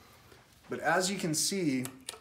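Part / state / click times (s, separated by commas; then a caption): locking guitar strap end onto guitar strap post / not seated / none. Someone talks while handling an Amumu tribal guitar strap with a self-locking strap end, bringing it toward the guitar's strap post, with a brief sharp tap near 2.1 s. The strap lock has not seated or clicked onto the post yet.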